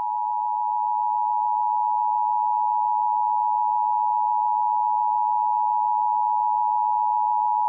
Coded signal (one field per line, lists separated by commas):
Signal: Emergency Alert System (SAME) tones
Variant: 853 and 960 Hz attention tone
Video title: EAS #0022 | 1/3/22 WWDE-HD2 Virginia Beach, VA EAS Required Monthly Test